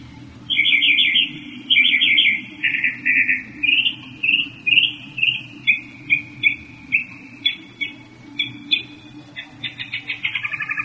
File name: kicauan-burung-northern-mockingbird -omkicau